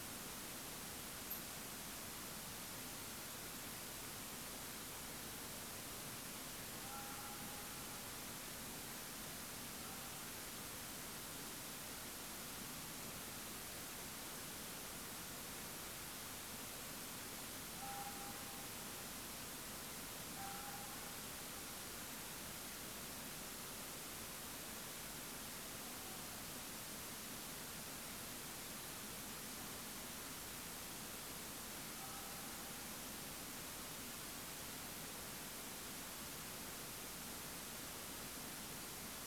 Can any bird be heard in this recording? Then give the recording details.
no. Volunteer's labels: Autre biophonie chiroptere; Autre biophonie Vulpes vulpes. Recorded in France